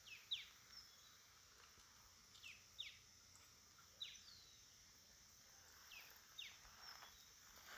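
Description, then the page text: Santa Marta antbird giving faint, downslurred notes at irregular intervals, each sweeping quickly from high to lower pitch, over steady high-pitched insect hiss. Recorded 16 September 2025 at Ciénaga-Minca, Magdalena, Colombia. "Tiluchi De Santa Marta (Drymophila hellmayri). Jorge La Grotteria"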